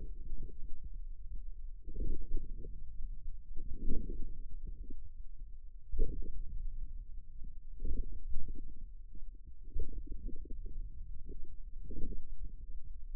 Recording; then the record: forearm muscle sounds (acoustic myography)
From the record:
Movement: outward rotation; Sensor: system 2, bracelet of six BSWA MPA416 microphones around the upper forearm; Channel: 2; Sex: male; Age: 22 years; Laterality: right